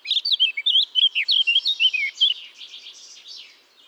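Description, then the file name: Eurasian blackcap pouring out a strong run of fluty whistled notes that trails off into a soft, scratchy warble and fades. "Sylvia atricapilla"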